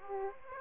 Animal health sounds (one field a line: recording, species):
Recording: mosquito wingbeat signal from an infrared sensor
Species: Aedes aegypti